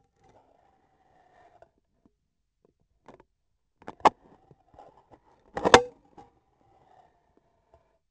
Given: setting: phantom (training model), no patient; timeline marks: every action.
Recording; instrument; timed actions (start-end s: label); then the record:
laparoscopic instrument, vibration sensor on the handle end; scissors
3.74-4.45 s: scissors opening
5.47-6.12 s: cutting foam
From the record:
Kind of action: gesture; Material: foam